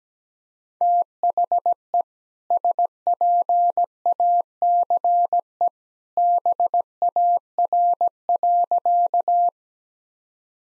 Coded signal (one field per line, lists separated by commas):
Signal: Morse code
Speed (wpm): 17 wpm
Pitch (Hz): 700 Hz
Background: none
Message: THE SPACE BAR.